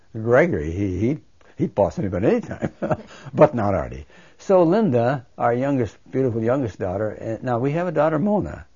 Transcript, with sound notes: Gregory, he'd boss anybody any time. (he laughs) But not Artie. So Linda, our youngest, beautiful youngest daughter, now, we have a daughter Mona.